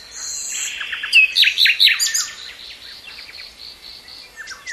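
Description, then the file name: Common nightingale song: a long high whistle, then loud rapid repeated notes and sharp chirps, fading into softer scattered twitters at the end. "Luscinia megarhynchos"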